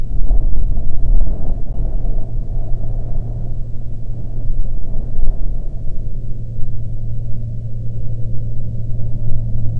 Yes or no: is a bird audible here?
no